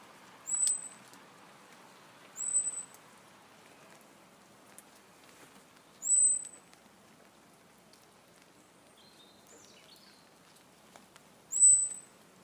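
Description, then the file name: Common blackbird giving thin, very high, short seeping calls, four in all at uneven gaps, with a few faint lower notes and quiet background noise. "Turdus merula"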